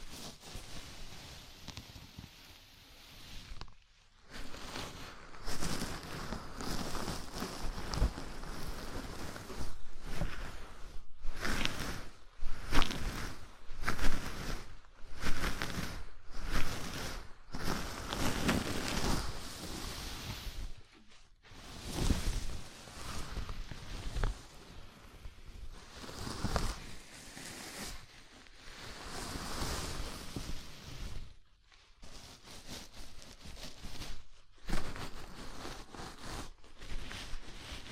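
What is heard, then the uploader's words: A scalp massage: fingers rub and scratch through hair, making dense, scratchy rustling that swells and fades in irregular strokes. Brief silent gaps break the sound, around 4, 21 and 31 seconds, between bursts of brisk rubbing. ASMR Sleepy Scalp Massage (No Talking).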